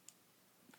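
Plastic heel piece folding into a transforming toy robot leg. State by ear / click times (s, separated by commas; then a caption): seated / 0.1 s. A large plastic heel piece on a transforming toy robot's leg is folded up until it snaps into place, with a short, sharp click at 0.1 s. A softer, longer knock follows near 0.7 s, and the heel ends up seated.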